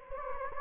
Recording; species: mosquito wingbeat signal from an infrared sensor; Anopheles gambiae